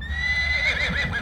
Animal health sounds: contact call of a hoofed animal; Przewalski's horse; whinny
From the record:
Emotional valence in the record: negative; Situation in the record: group separation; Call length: 1.22 s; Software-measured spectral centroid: 2430 Hz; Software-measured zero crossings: 3450 a second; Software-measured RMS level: -24 dBFS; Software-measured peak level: -11 dBFS

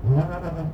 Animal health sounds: contact call of a hoofed animal; goat; low-frequency (closed-mouth) or high-frequency (open-mouth) call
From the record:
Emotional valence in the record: positive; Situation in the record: food anticipation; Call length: 0.74 s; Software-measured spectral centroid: 920 Hz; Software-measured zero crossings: 670 a second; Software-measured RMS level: -23 dBFS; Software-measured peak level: -10 dBFS

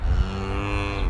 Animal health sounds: contact call of a hoofed animal; cattle; low-frequency (closed-mouth) or high-frequency (open-mouth) call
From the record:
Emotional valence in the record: negative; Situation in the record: full separation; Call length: 1.09 s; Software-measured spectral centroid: 1720 Hz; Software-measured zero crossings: 1050 a second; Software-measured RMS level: -24 dBFS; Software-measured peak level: -8 dBFS

